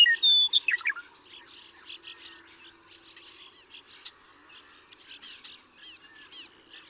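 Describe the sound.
Western meadowlark song: one loud burst of clear whistles and a quick jumbled gurgle in the first second, then faint twittering for the rest.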